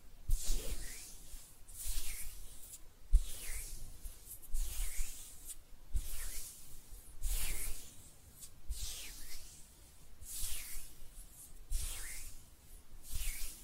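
Hands rub together in a steady, regular rhythm, each bright, hissing stroke swelling and fading about every one and a half seconds.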